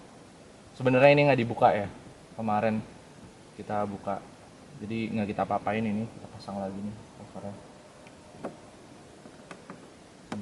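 A plastic cover on the door trim panel of a BMW X5 E53, being reassembled after a power window repair, is pressed back on while someone talks. A few faint taps follow the talk, then a sharp click at 10.3 s as the cover's clips seat home.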